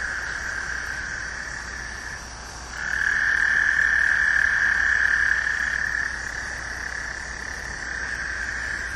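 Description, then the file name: Gulf Coast toad giving a long, even, mid-pitched trill that swells loudly for about three seconds, with other toads trilling steadily behind. "Incilius nebulifer"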